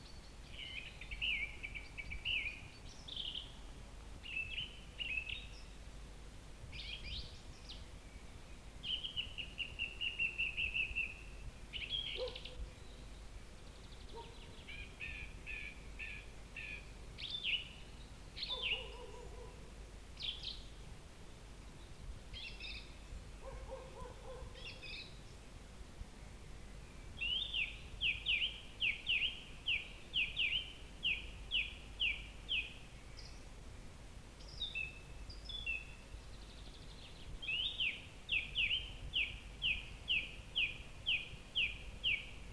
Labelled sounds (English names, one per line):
Song Thrush song